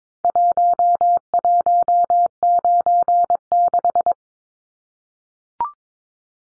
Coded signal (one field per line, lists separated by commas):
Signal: Morse code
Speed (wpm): 22 wpm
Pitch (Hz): 700 Hz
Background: none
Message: 1196